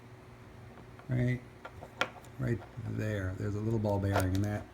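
Someone talks while handling the sliding clasp extension on the steel bracelet of a Rolex Deepsea D-Blue (DSSD), where a small ball bearing secures the extension. Light handling taps are heard, including a sharp tick near 2.0 s. The extension has not yet clicked into its detent and nothing has seated.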